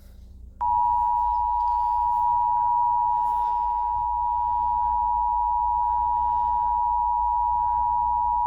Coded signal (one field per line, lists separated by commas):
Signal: Emergency Alert System (SAME) tones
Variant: 853 and 960 Hz attention tone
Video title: eas sva Eas#284